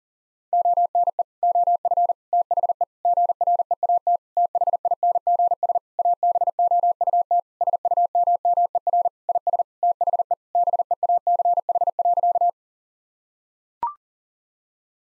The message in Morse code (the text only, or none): ONE OF THE GREAT THINGS ABOUT SUMMER IS THE BEACH.